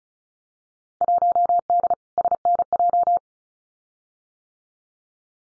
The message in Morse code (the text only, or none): 1D SNJ